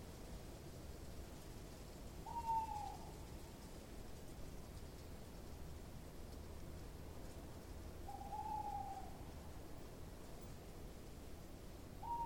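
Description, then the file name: Owl calling: clear whistled hoots, each falling slightly, repeated roughly every six seconds, with a third beginning at the end, against low background rumble. "Eule"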